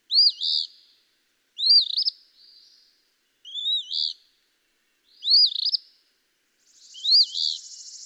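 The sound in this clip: Eastern phoebe song: five harsh fee-bee phrases about every one and a half seconds, a brief buzz at the close.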